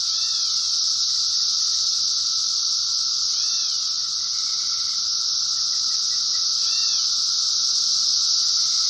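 Cicadas keep up a loud, even high buzz over a steady whining tone, with a few faint curved chirps and rapid ticks in the background.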